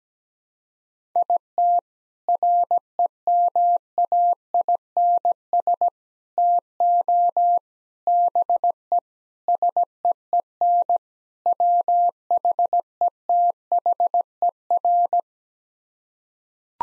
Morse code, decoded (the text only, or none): IT REMAINS TO BE SEEN WHETHER